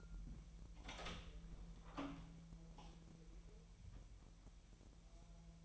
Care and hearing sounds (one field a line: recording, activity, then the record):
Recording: daily activity, microphone in the room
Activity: open door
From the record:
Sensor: 1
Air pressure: 1001.3 hPa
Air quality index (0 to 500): 249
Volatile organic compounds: 133 ppm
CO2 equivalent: 3944 ppm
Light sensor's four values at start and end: 12/29/12/13 and 11/26/10/11